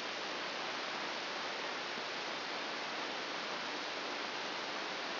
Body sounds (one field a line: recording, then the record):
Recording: brain microelectrode recording played as sound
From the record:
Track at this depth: inside the subthalamic nucleus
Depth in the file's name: 4.002 mm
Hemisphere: right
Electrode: 2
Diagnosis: Parkinson's disease